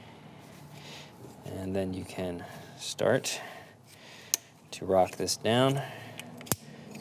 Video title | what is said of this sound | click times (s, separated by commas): How to Install and Gap Subaru WRX FA20F Spark Plugs 2015-2021 - STi Forester Legacy Outback NGK96204 | make sure you have that nice click now | 6.5 s